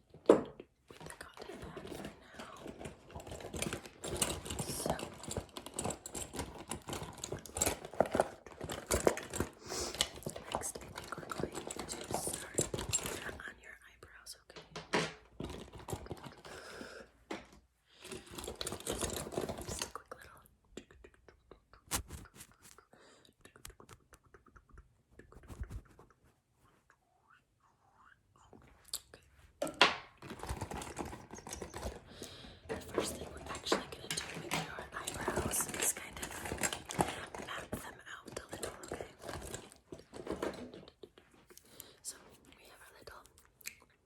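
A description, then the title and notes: Crisp mouth sounds and small tapping clicks come in rapid, dense bursts during an eyebrow and skincare routine. The busy stretches fill the first thirteen seconds and the last fifteen, with sparser, quieter handling between and a near-silent pause around twenty-six seconds. LOFI Personal Attention doing your eyebrows & skincare, mouth sounds.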